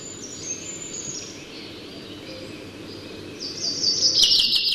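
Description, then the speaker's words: Goldcrest song, a very high thin rapid trill during the first seconds, then a louder very high phrase bursts in at the end over steady background hiss. Bird singing vigorously, song rendered as 'sirri, sirri, sirri'; very high song. "nyt hippiäinen veivaa oikein kunnolla, niin kuin Hautala sanoo, sirri, sirri, sirri, sirri."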